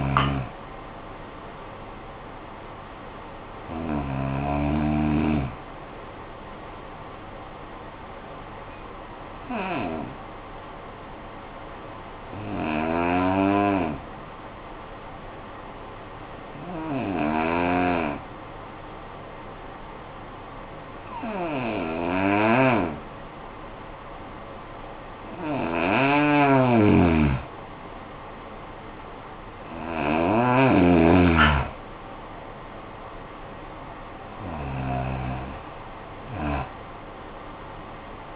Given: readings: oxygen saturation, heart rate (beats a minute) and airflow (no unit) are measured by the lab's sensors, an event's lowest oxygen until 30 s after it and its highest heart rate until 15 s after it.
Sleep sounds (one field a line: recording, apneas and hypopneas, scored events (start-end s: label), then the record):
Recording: breathing in sleep by a voice recorder at the bedside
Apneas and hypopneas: 1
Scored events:
10.00-28.60 s: hypopnea (N1, oxygen 96% highest, then 85% lowest, heart rate 49 at the start, 64 highest)
21.00-38.36 s: new sleep stage, N2 (light sleep)
From the record:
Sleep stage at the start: N1 (lightest sleep)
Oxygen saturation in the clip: 84 to 96%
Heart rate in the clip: 46 to 64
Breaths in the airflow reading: 9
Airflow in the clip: -11.3 to 11.7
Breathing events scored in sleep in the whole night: 445 in 7.6 hours asleep